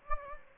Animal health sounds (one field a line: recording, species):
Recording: mosquito wingbeat signal from an infrared sensor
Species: Anopheles gambiae